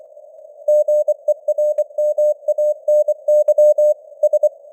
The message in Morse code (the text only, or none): GERMANY S